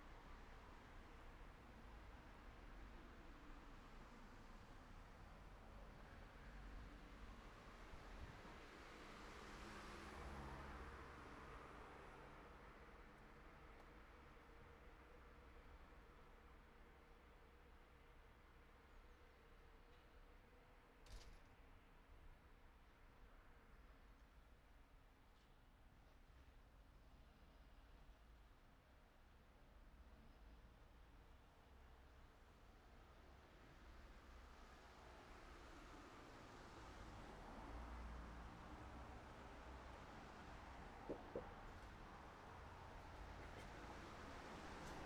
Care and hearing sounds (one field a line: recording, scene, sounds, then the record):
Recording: everyday scene through a hearing-aid microphone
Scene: in traffic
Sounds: traffic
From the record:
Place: city secondary road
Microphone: behind the ear, right, front